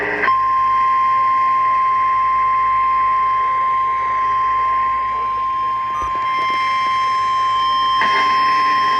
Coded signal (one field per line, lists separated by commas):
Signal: Emergency Alert System (SAME) tones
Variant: 1050 Hz attention tone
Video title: Severe thunderstorm warning EAS#4-8 7/12/22